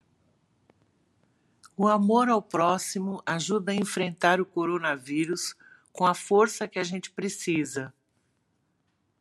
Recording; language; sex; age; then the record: spoken sentence; Brazilian Portuguese; female; 60 to 69 years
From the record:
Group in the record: control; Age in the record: 64 years